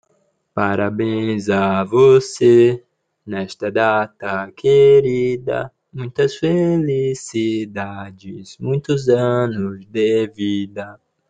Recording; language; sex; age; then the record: short text; Brazilian Portuguese; male; 20 to 29 years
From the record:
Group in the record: control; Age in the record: 21 years